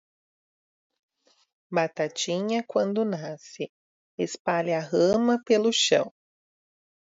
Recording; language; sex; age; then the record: short text; Brazilian Portuguese; female; 30 to 39 years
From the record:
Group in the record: control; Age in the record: 35 years